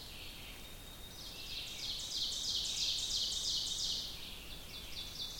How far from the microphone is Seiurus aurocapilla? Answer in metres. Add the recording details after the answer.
about 45 m. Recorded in boreal forest in Alberta, Canada, on 2 June 2016 at 06:09. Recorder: SongMeter 3, array SBT-3-7. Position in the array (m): -2 m, 87 m. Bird 7